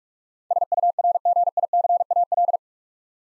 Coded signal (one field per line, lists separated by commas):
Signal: Morse code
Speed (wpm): 44 wpm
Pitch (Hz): 700 Hz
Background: none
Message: SURGICAL